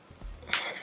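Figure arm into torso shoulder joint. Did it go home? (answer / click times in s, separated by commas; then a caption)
yes / 0.5 s. A plastic arm from a McFarlane Toys DC Multiverse Batman and Robin build-a-figure is pushed into the torso's shoulder socket. Faint low rumbles at 0.2 and 0.4 seconds lead up to a sharp, bright snap at 0.5 seconds. The arm seats firmly in the shoulder joint.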